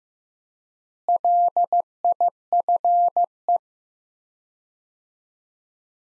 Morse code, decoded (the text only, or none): LIFE